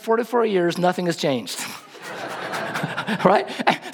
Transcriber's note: laughter